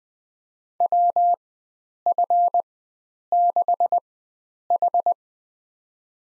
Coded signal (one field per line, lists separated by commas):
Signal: Morse code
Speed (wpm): 20 wpm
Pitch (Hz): 700 Hz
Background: none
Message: WF6H